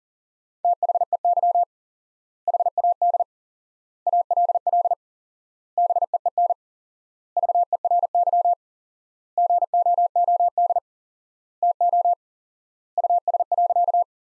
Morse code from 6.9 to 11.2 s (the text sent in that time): VERY GOOD